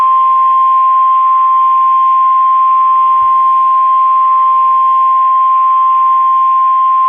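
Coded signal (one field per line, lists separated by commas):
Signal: Emergency Alert System (SAME) tones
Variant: 1050 Hz attention tone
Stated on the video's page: NOAA Weather Radio high wind warning alert tones from the Green Bay transmitter station.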